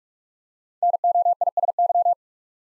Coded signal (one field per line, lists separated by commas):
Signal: Morse code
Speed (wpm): 44 wpm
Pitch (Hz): 700 Hz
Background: none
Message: NOISY